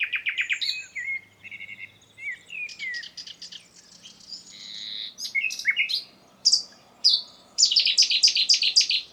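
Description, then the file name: Common nightingale song with varied phrases: quick low trills, slurred whistles, then loud separate notes leading into a fast repeated series. "Luscinia megarhynchos"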